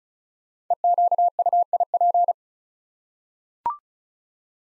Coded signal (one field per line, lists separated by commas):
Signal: Morse code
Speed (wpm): 34 wpm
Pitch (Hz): 700 Hz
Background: none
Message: EQUIP